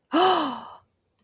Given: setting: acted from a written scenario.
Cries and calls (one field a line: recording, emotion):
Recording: vocal sound without words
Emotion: awe